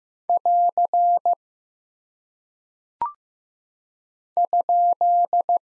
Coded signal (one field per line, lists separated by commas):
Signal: Morse code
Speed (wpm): 15 wpm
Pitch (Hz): 700 Hz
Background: none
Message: <AR> ?